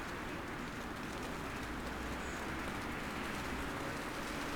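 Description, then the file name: Common starlings at a huge roost: a dense, constant wash of sound from countless birds. About 10,000 starlings coming to roost. "Common-Starling-10000-Starlings-Come-To-Roost"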